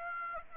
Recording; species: mosquito wingbeat signal from an infrared sensor; Aedes aegypti